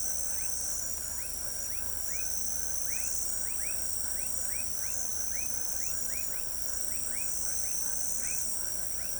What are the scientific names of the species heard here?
none